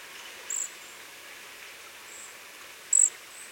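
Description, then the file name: Cedar waxwing uttering two brief, high, wispy whistled notes about two and a half seconds apart, the second louder, against soft background hiss. "Bombycilla cedrorum - Cedar Waxwing"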